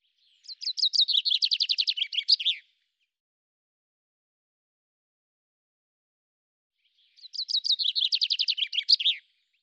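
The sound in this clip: Common chaffinch delivering two identical song phrases several seconds apart, each a fast, descending trill of sweet notes closing with an emphatic terminal flourish.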